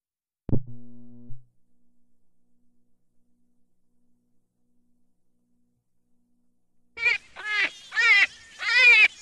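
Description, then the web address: Jackrabbit squeals: after a low thud, a brief hum and a long quiet stretch, four loud, wavering harmonic cries arrive close together near the end. Juvenile. "Rabbit 200-Juvenile"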